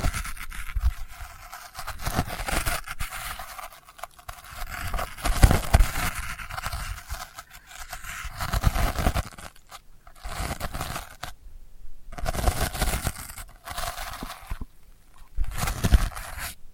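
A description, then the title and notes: Delicate scratching comes in short, bright, crackly bursts of dry scraping, some louder and longer than others. Between them are brief pauses of near silence, with clear gaps around ten seconds, twelve seconds and fifteen seconds. The rhythm is irregular and never settles into a steady pattern. ASMR Delicate Scratching for Sleep (No Talking).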